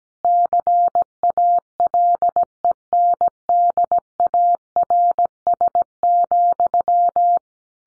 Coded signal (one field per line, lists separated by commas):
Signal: Morse code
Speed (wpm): 17 wpm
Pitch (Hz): 700 Hz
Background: none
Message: CALENDARS,